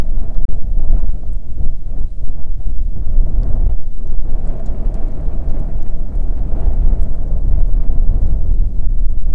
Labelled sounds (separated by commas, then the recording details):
songbird
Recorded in the Arctic National Wildlife Refuge, Alaska, on 1 June 2019 at 12:21
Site 37